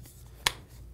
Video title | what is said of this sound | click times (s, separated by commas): FX Crown: How to Replace X Barrel Liner Plus a Helpful Trick | to you you pull the shroud out and it locks into place and then | 0.5 s